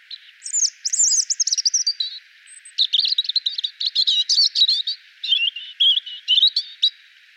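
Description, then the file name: European robin song, an almost unbroken run of rapid twittering, sharp chirps and warbles over several seconds. "Erithacus rubecula"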